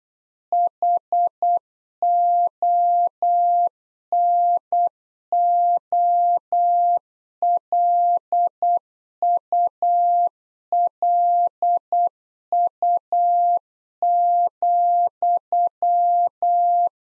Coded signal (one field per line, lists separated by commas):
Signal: Morse code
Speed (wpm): 8 wpm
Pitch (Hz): 700 Hz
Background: none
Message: HONOLULU,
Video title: Practice QSO - Complete One-Sided - 8wpm